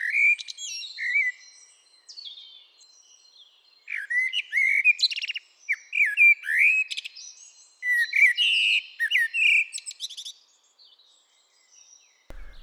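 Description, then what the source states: Common Blackbird singing varied, melodious whistled phrases, with short pauses between them. Everyday bird; song very creative and melodious, with many variations from one song to the next.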